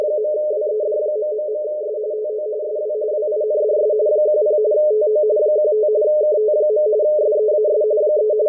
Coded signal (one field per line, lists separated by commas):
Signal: RTTY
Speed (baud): 45.45 baud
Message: .WED...S TO SW WINDS 10 TO 15 KT. SEAS 3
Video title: WLO Marine weather RTTY decode at 8473 kHz